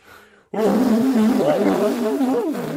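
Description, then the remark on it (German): After a short quiet moment, an engine starts abruptly and idles loudly without the accelerator pressed, holding a steady, throaty rumble whose low pitch wavers slightly throughout, with no talking. “Da bin ich noch gar nicht, da stehe ich mehr oder weniger noch gar nicht am Gas, das ist Standgas.”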